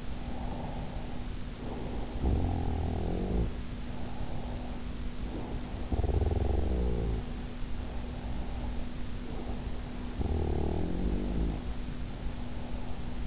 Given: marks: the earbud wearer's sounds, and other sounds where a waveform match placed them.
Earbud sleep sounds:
sounds in sleep by an in-ear microphone; breath, snoring breath
0.00-1.30 s: breath
1.61-4.96 s: snoring breath
5.22-9.04 s: snoring breath
9.20-13.27 s: snoring breath

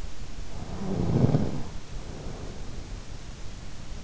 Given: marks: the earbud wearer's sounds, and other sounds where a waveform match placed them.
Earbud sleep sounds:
sounds in sleep by an in-ear microphone; snoring breath
0.49-3.20 s: snoring breath

